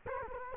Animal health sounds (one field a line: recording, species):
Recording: mosquito wingbeat signal from an infrared sensor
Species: Culex quinquefasciatus